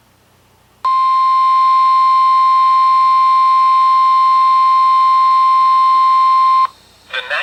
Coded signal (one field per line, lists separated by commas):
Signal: Emergency Alert System (SAME) tones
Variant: 1050 Hz attention tone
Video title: EAS #5-#9: SVRs in JANUARY? | KHB36